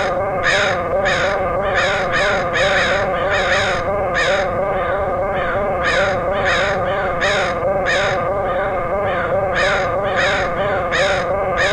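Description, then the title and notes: Crows cawing repeatedly in harsh calls, layered over a continuous wavering droning hum. Portland, Oregon, USA, August 2003. "Crows recorded by Dan Bodah in Portland, OR, August 2003."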